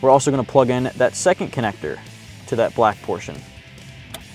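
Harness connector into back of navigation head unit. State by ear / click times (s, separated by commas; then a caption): seated / 4.1 s. Someone talks as the second plastic harness connector is plugged into the black socket on the back of a Navos OE-style touchscreen navigation head unit for a 2010-2014 Mustang. A short, sharp click at 4.1 s marks the connector snapping into place, fully seated.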